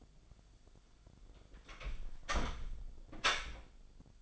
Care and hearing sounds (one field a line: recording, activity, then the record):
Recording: daily activity, microphone in the room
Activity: close door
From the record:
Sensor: 5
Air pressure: 1007.2 hPa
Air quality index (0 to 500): 172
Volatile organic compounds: 4 ppm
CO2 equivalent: 1645 ppm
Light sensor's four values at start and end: 56/159/62/62 and 55/157/61/61